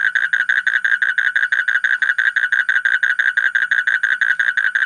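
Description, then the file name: Asian common toad giving a continuous fast trill of short pulsed notes, steady throughout. "suara kodok bangkong kolong kodok buduk"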